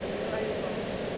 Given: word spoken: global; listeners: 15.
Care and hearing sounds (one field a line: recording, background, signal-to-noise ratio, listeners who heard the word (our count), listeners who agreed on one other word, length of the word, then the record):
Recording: one English word in noise, from a listening test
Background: speech-shaped noise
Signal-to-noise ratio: -6.3 dB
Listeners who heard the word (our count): 0 of 15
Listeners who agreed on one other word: 7 of 15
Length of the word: 0.78 s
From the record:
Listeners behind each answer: 7, 2, 2, 1, 1, 1, 1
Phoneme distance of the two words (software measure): 37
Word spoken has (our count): 2 syllables, 6 phonemes, stress on syllable 1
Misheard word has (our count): 2 syllables, 5 phonemes, stress on syllable 1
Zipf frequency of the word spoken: 4.59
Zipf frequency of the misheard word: 4.09